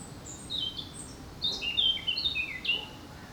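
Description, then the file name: Eurasian blackcap song: a brief phrase of high thin whistles followed by a louder, faster run of sliding fluty notes. "Sylvia atricapilla"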